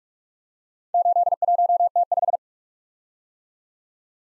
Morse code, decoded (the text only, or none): 81T5